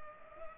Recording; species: mosquito wingbeat signal from an infrared sensor; Culex pipiens